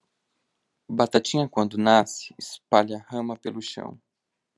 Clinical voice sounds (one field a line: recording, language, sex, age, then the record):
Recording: short text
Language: Brazilian Portuguese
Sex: male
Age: 18 to 19 years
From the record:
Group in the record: control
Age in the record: 19 years